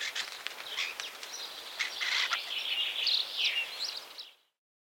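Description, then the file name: Common Starling song: dense scratchy chattering mixed with brief whistled notes, ending after about four seconds. "Zvuki ptic Skvorec"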